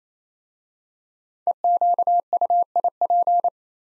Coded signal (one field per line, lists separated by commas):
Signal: Morse code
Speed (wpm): 27 wpm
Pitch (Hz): 700 Hz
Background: none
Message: EQUIP